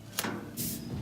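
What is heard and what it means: A wire harness connector is pushed into the door switch connector of a Kenmore gas clothes dryer being repaired for not drying. One sharp, short click is heard at 0.2 s as the connector seats, followed by bursts of broadband rustling and handling noise.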